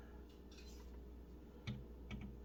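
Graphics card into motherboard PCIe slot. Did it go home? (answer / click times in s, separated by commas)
partly / none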